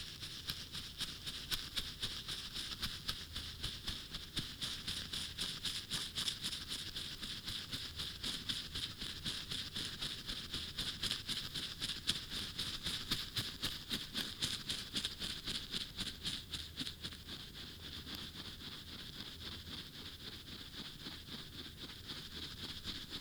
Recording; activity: daily activity, guitar pickup as the sensor; brush teeth